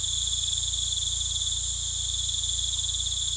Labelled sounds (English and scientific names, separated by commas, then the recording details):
none
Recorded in pastures near Puerto Asís, Putumayo, Colombia, on 18 December 2024 at 19:00
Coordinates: 0.486, -76.323
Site GP01